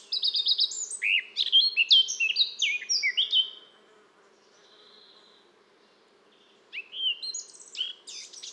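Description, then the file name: Eurasian blackcap song with a lively warbled phrase of stepping, downslurred notes lasting about three seconds, a pause, then another quick warbling phrase. "Sylvia atricapilla"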